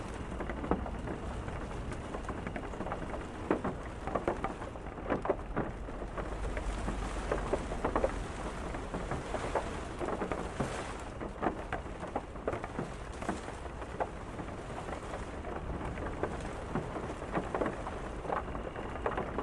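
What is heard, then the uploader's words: Steady rain patters densely, with frequent sharp drips and taps striking a surface. A low rumble of wind runs underneath, swelling around the middle and easing again, while the rain keeps a constant hiss throughout. Rainy Windy Car Camping Night.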